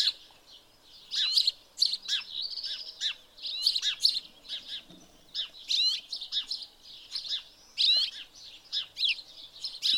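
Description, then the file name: House sparrow chirps pour out in a dense, overlapping chatter, with many sharp notes close together. "Passer domesticus"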